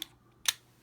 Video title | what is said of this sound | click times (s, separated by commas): Shinkansen Henkei Robo Shinkarion 500 Type Eva Review | and click into place. | 0.0 s, 0.5 s